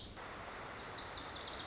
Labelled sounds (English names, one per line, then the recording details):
Lazuli Bunting
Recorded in Sonoma County, California